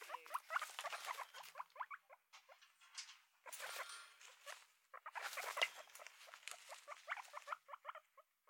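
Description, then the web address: Guinea pig chuttering with quick short chirping notes over bursts of scratchy rustling and shuffling, the noises coming in uneven clusters. Guinea pig moving about in its cage. "sound-effects-bible Guinea Pig Cage Move"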